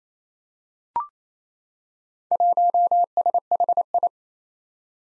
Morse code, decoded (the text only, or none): 1SHI